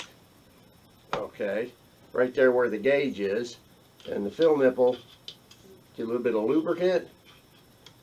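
Someone talks while handling an air fill probe at the fill port of a PCP air rifle, where the fill nipple sits next to the gauge with the port cover off, and the probe gets a little lubricant. A few brief faint ticks sound between the speech. Nothing has seated or clicked yet; the probe is not yet home in the fill port.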